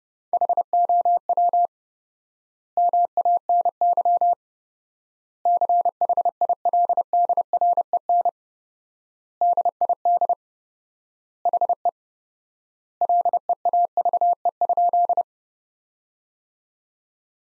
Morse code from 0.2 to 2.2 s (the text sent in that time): HOW